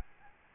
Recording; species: mosquito wingbeat signal from an infrared sensor; Aedes albopictus